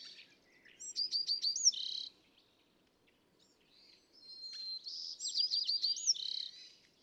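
California thrasher singing two similar phrases separated by a pause, each a quick series of sharp repeated notes ending in a slurred whistle, with faint background hiss.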